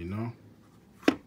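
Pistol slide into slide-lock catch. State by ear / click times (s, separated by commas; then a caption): seated / 1.1 s. Someone talks briefly, then a pistol slide is pulled back and catches on the slide lock. It makes a single sharp metallic click at 1.1 seconds as the slide locks back in place.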